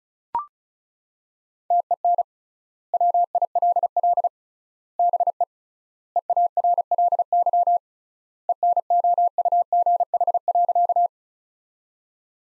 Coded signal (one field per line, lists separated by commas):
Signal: Morse code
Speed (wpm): 34 wpm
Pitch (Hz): 700 Hz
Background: none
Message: TEN WILL BE EARLY ENOUGH.